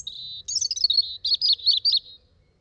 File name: rouge gorge